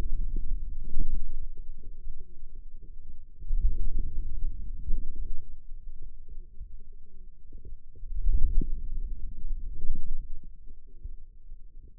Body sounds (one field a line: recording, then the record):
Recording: forearm muscle sounds (acoustic myography)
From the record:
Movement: wrist extension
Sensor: system 2, bracelet of six BSWA MPA416 microphones around the upper forearm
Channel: 6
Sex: female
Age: 21 years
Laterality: right